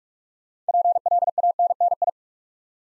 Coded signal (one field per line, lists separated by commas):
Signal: Morse code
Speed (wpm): 45 wpm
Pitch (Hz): 700 Hz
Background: none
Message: PLANNI